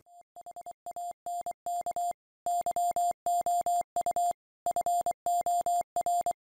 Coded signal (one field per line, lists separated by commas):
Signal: Morse code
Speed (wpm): 25 wpm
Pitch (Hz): 700 Hz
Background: none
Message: HANK YOU FOR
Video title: How To Make A NVIS HF Radio Antenna